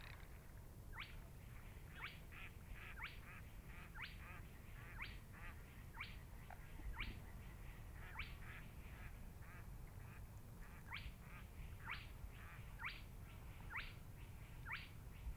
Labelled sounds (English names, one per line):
Spotted Crake